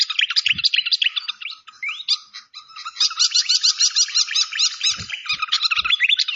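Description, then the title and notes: Malaysian pied fantail song, unbroken fast twittering and trills of repeated squeaky notes, with a few soft low thuds. Masteran (bird-training recording) of clear-voiced song mixed with the sound of flowing water. "Masteran Sikatan Kipas Suara Jernih Dan Suara Gemericik Air. Suara Burung Sikatan Londo"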